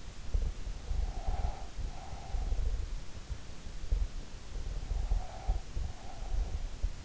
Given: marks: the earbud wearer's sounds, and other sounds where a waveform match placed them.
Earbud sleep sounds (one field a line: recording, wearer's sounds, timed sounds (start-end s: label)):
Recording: sounds in sleep by an in-ear microphone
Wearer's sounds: breath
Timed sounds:
0.90-2.97 s: breath
5.00-6.72 s: breath